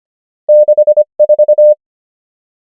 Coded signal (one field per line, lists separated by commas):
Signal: Morse code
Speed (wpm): 25 wpm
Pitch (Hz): 600 Hz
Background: none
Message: 64